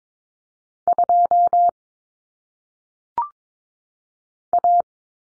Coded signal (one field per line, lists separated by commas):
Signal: Morse code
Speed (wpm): 22 wpm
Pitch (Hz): 700 Hz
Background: none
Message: 2 A